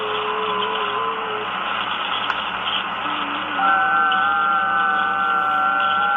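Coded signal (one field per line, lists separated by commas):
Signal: FT8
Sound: several faint steady warbling tones over radio hiss, new ones starting midway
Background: radio static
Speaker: Let's try 80 meters and see how it decodes the 80 meter ones.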